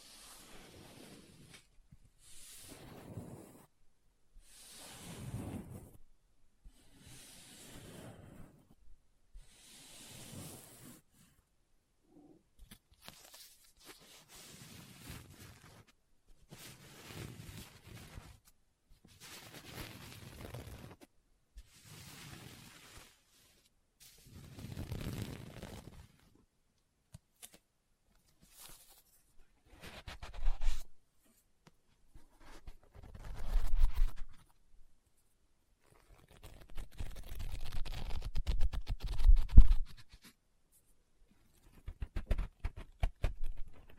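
Handling of a book, with soft scratching and rustling bursts arriving every couple of seconds, each a brief papery sweep. Early ones are faint; after about 30 seconds the bursts grow louder and fuller, with a long dense stretch around 37 to 40 seconds.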